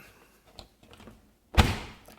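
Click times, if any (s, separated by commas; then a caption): none. A dishwasher door is shut harder in a moderate slam against its latch and catch, with a few faint knocks before a loud thunk at about 1.6 s that trails off. The latch still does not catch, and nothing has clicked or seated.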